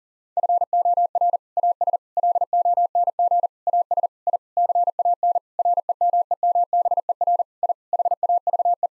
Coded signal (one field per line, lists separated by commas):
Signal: Morse code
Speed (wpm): 40 wpm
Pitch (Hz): 700 Hz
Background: none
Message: FOR AS LONG AS I CAN REMEMBER I HAVE